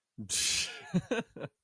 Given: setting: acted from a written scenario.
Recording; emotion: vocal sound without words; amusement